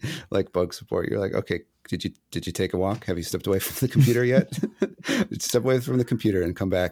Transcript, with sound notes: like bug support, you're like, okay, did you, did you take a walk? Have you stepped away from the computer, yet? (laugh) Step away from the computer and come back.